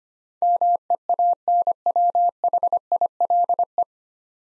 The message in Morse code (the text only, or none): MEANWHILE